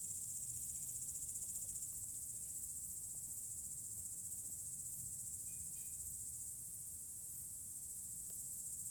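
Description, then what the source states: Cicadas give a steady, shrill high-pitched drone that holds without pause throughout, with a low rumble of background noise beneath. Cicadas chirping in mountains.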